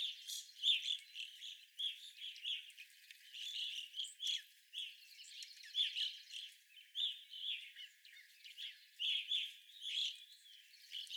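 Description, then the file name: Evening grosbeak flock chatter: continuous bright chirped notes from several birds, bunched in quick bursts throughout. Several evening grosbeaks recorded on 25 April 2021. "2021-04-25 Evening Grosbeaks"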